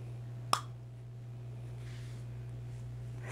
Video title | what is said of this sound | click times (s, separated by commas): Smile Direct Club- Tray 1 of 13 | You can hear that one snap. | 0.5 s